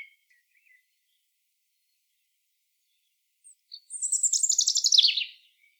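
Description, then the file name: European robin giving a brief, high, rapid trill of buzzy repeated notes after near silence, with a faint note at the start. "Erithacus rubecula"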